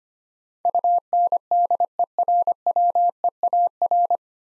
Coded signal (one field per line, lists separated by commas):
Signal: Morse code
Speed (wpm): 25 wpm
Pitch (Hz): 700 Hz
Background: none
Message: UNDERWEAR